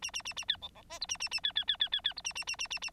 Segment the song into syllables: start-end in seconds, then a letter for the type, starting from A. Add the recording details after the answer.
0.02-0.11 A, 0.13-0.22 A, 0.25-0.34 A, 0.36-0.45 A, 0.48-0.57 B, 0.62-0.68 C, 0.75-0.82 C, 0.90-0.99 D, 1.01-1.06 E, 1.08-1.17 A, 1.20-1.29 A, 1.31-1.40 A, 1.43-1.52 B, 1.55-1.64 B, 1.67-1.77 B, 1.79-1.89 B, 1.92-2.01 B, 2.04-2.13 B, 2.16-2.22 E, 2.24-2.33 A, 2.35-2.44 A, 2.47-2.56 A, 2.58-2.67 A, 2.70-2.79 A, 2.82-2.90 A. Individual Bird9